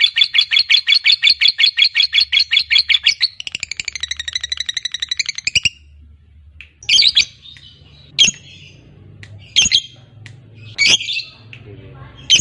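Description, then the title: Lovebird ngekek song: fast chattering run for several seconds, then a higher rattle, followed by scattered sharp single squawks. Fighter lovebird performing a long ngekek, a drawn-out chattering song. "Begitu Dengar Suara Lovebird FIGHTER NGEKEK PANJANG"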